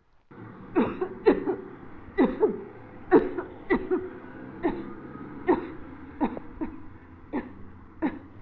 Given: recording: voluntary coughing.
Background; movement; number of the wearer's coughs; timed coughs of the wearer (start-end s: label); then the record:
traffic; sitting; 11
0.73-1.12 s: cough
1.24-1.64 s: cough
2.15-2.68 s: cough
3.09-3.57 s: cough
3.67-4.26 s: cough
4.62-4.93 s: cough
5.45-5.82 s: cough
6.18-6.54 s: cough
6.54-6.75 s: cough
7.31-7.54 s: cough
7.99-8.34 s: cough
From the record:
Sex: female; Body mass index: 21.8 kg/m2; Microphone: on the chest, facing the body